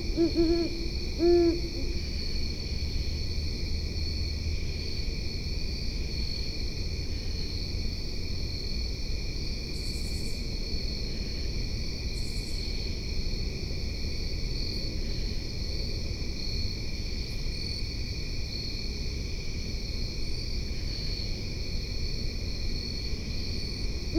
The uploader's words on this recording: Great Horned Owl recorded at West Grove Dog Park (Alexandria/Fairfax County, VA)at 4am. Temperature 70 degrees. Possibly a male as I am told they have a deeper hoot.